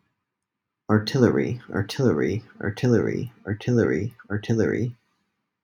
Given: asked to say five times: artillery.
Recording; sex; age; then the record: repeated word; male; 30 to 39 years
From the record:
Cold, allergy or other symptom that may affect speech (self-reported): no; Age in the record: 36 years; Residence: United States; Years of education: 20